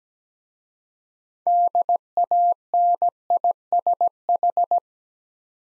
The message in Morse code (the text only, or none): DANISH